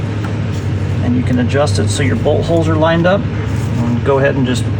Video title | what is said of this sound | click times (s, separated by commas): EZ Boost Turbo Kit Install - Polaris RZR Pro R - Step-by-Step Guide | And if you just kind of wiggle and push, you'll see it snap right down into place | 0.2 s